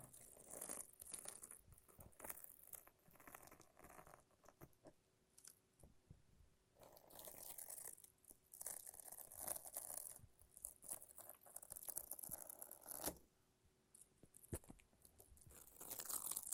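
Sticky tape and a lint roller peel and rasp in irregular bursts, each a crackling, tearing rip lasting a second or two. The bursts come in clusters with short quiet gaps, brightest around 7–13 seconds, alongside faint pattering and small clicks.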